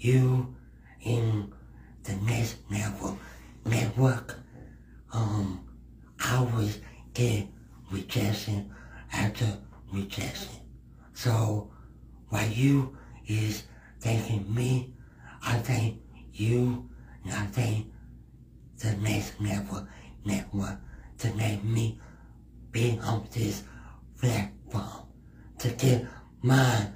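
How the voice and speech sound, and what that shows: A 45-year-old adult male with cerebral palsy speaks with dysarthric speech, a speech impediment caused by his cerebral palsy that becomes harder to understand when he is nervous.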